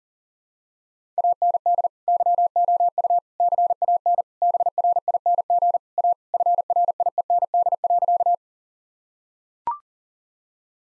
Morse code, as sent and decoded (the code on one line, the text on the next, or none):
.- -. -.. / -.-- --- ..- / -.-. .- -. / -... .-. .. -. --. / .- / ..-. .-. .. . -. -.. .-.-.-
AND YOU CAN BRING A FRIEND.